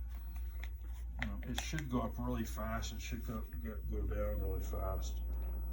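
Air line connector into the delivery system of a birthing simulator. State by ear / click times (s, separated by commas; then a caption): not seated / none. An air line connector is handled at the pneumatic delivery system of a birthing simulator while someone talks, with a few brief sharp taps near 0.6 s and 1.2 s. The connector has not seated or clicked yet by the end of the clip.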